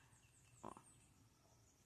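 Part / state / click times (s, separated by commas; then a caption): plastic safety eye washer onto eye shank in crochet toy head / seated / 0.7 s, 0.8 s. A plastic locking washer is pressed down onto the shank of a safety eye set in a crochet toy's head until it locks in place. Two short, sharp clicks are heard at 0.7 s and 0.8 s over a quiet background. The washer seats on the shank.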